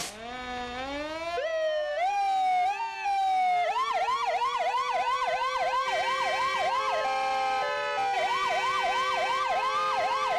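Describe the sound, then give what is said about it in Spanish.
Loud emergency vehicle sirens wail continuously by a beach as a fire threatens the area, starting with slow rising sweeps and then shifting into rapid, repeating high-pitched yelps layered over one another, with a steady engine rumble underneath. “Pasamos de estar tranquilos a escuchar muchos ruidos de autos, sonidos de sirenas, animales perdidos que corrían hacia diferentes lugares para refugiarse.”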